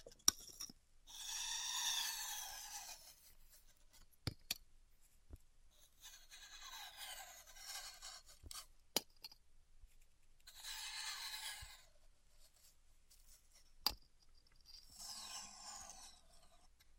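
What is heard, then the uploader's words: Styrofoam heat cutting: four bursts of bright squeaky scraping, each about two seconds, broken by sharp clicks and quiet gaps. ASMR Styrofoam Heat Cutting (No Talking).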